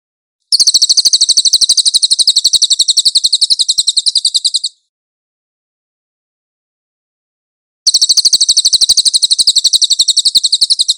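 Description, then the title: Cililin delivering a fast, high, buzzy trill for about four seconds, then silence, then another similar trill begins. "SUARA BURUNG CILILIN"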